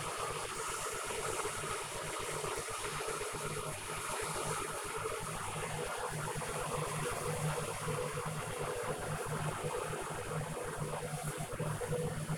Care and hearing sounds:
household activities, microphone on the right wrist
0.00-12.37 s: making tea

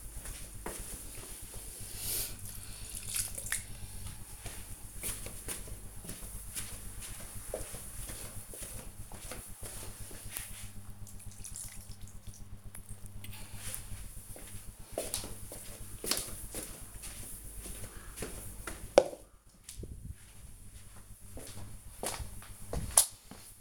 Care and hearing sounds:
household activities, microphone on the right wrist
0.00-13.04 s: watering plant

